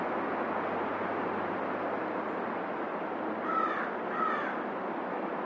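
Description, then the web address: Crow giving two harsh caws close together in the latter half, over a steady loud rushing noise. "ворона"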